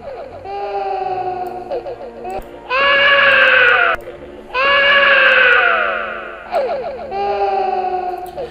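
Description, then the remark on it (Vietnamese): Several infant-like cries come from coffins in a burial cave, overlapping and sustained, high and strained with wavering pitch, rising and falling in loud waves with brief gaps between them, echoing through the cave with an unsettling, eerie feel. “Đúng lúc này, trong một cái quan tài phụ trực cận truyền ra tiếng trẻ con khóc tương tự như vậy.”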